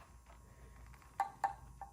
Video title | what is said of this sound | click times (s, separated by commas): 72V TUTTIO SOLEIL 01 BUILD + SPEED TEST | Make sure it clicks too | 1.2 s, 1.4 s